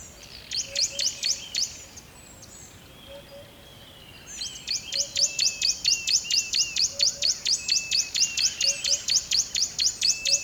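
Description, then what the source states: Bird giving rapid high, thin sweeping notes in two bursts, a short run then a long even series after a pause, with faint lower chirps and steady background hiss. River at dawn.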